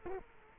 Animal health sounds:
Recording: mosquito wingbeat signal from an infrared sensor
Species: Culex quinquefasciatus

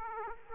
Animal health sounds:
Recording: mosquito wingbeat signal from an infrared sensor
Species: Aedes aegypti

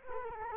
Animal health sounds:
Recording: mosquito wingbeat signal from an infrared sensor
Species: Culex quinquefasciatus

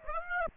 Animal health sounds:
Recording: mosquito wingbeat signal from an infrared sensor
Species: Aedes aegypti

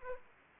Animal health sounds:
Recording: mosquito wingbeat signal from an infrared sensor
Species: Aedes aegypti

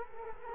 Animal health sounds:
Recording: mosquito wingbeat signal from an infrared sensor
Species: Culex quinquefasciatus

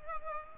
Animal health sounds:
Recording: mosquito wingbeat signal from an infrared sensor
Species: Culex pipiens

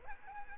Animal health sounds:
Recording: mosquito wingbeat signal from an infrared sensor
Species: Aedes aegypti

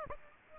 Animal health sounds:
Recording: mosquito wingbeat signal from an infrared sensor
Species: Aedes aegypti

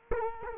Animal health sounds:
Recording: mosquito wingbeat signal from an infrared sensor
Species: Culex quinquefasciatus

